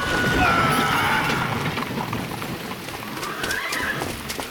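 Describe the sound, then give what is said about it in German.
Horses pulling a carriage whinny shrilly over a dense, rumbling clatter of hooves and carriage wheels, with a harsh crashing impact as the carriage strikes a man who ran in front of the horses, mixed into the loud, continuous commotion. “Der Mann ist mir einfach vor die Pferde gelaufen.”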